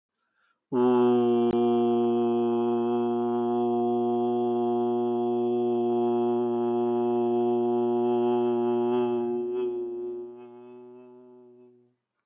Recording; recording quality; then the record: sustained vowel as in boot; excellent, no background noise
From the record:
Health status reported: respiratory illness, not identified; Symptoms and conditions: none ticked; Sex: male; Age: 28 years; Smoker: not ticked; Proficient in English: yes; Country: India